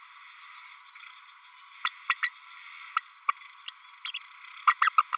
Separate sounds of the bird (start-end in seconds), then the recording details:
1.84-1.89, 2.09-2.15, 2.23-2.29, 2.96-3.00, 3.28-3.33, 3.67-3.71, 4.67-4.74, 4.81-4.89, 4.98-5.02. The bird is a female. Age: 32 days. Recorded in a nest box in Venezuela. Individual 17B32A5